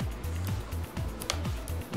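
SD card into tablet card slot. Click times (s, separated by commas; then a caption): 1.3 s. A microSD/SD card is pushed into its slot inside the I/O compartment of a Herotab M10 Android 2.2 tablet, over steady background music. A sharp snap at 1.3 s marks the card seating comfortably in the slot.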